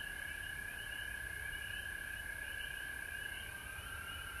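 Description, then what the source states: Frogs calling as a chorus, a persistent buzzy trill with faint wavering pulses over a low background rumble. Recorded at home in Georgia on March 19, 2020.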